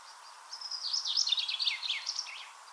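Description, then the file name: Common chaffinch singing one hurried phrase of trilled notes lasting about two seconds, over a soft hiss. "Fringilla coelebs"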